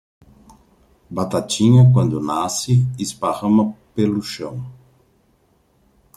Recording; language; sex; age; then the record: short text; Brazilian Portuguese; male; 50 to 59 years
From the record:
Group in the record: control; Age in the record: 55 years